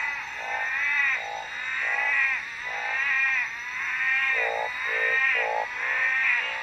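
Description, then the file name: Tree frogs calling in a chorus: wavering, bleating notes about one per second, with lower clipped notes, over a constant high hiss. Recorded at Black Mountain at night, 21:53 on 13 November 2013. "21 h 53 m 17 s 13 nov 2013 Black Mountain Night 3-OT-Treefrog"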